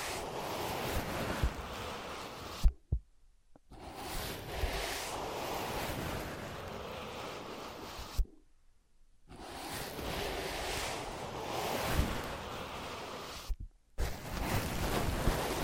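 Tapping, scratching and tracing on ear pads make a dense, rushing, muffled rustle that swells like surf. The sound cuts to near silence around 3, 8.5 and 13.5 seconds, with sharp taps or bumps at each break before the rustling resumes.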